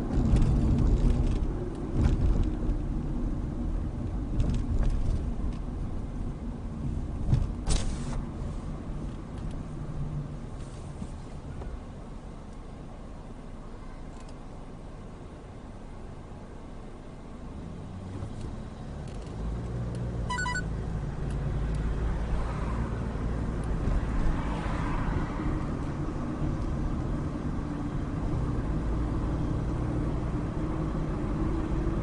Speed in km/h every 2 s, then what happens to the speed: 39, 31, 27, 24, 15, 5, 0, 0, 0, 8, 21, 29, 32, 31, 35, 39.
0-11 brakes to 0. 11-17 standing. 17-23 pulls away to 32. 26-32 speeds up to 39.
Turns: none.